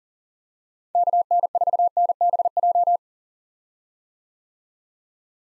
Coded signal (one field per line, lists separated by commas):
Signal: Morse code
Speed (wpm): 40 wpm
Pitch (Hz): 700 Hz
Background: none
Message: KN4NBJ